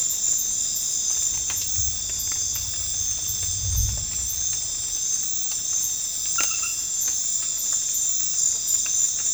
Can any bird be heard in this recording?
no